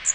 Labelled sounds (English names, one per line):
Magnolia Warbler flight call